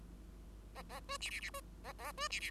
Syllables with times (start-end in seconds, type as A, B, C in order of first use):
0.75-0.82 A, 0.89-1.00 A, 1.08-1.17 B, 1.20-1.30 C, 1.30-1.40 C, 1.41-1.50 C, 1.53-1.61 B, 1.84-1.93 A, 1.98-2.12 A, 2.17-2.28 B, 2.30-2.40 C, 2.40-2.50 C